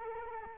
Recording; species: mosquito wingbeat signal from an infrared sensor; Culex quinquefasciatus